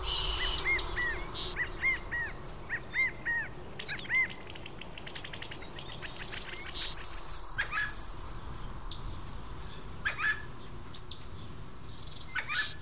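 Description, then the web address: Bird song: a run of short upswept chirps early on, then rapid trilled notes and a hissing burst, with a steady low rumble underneath. Recorded in a forest. "blackruin Audio Forest Birds"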